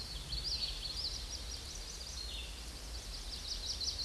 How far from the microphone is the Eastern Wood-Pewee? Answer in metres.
about 10 m